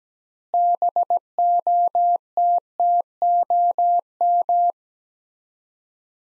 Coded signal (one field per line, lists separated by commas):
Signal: Morse code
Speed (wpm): 17 wpm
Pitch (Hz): 700 Hz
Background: none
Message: BOTTOM